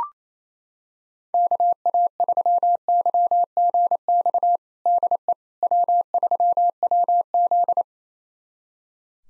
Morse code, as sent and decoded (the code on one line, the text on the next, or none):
-.- .- ...-- -.-- --. -..- / -.. . / .-- ...-- .-- --..
KA3YGX DE W3WZ